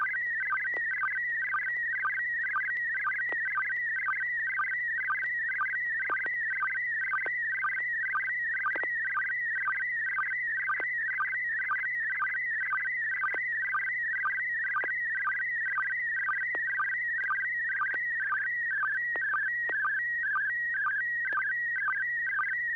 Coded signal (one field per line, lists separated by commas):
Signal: SSTV (slow-scan television)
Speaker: over to you Bill see what you copied and what you make of that picture